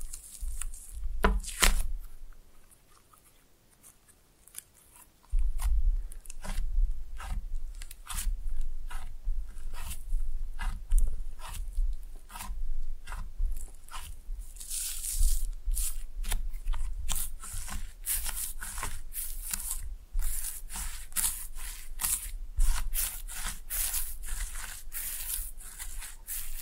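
Slime being pressed and mixed produces dense, irregular crackling and sticky clicks with low squelching thumps, briefly quieter near five seconds, then steady.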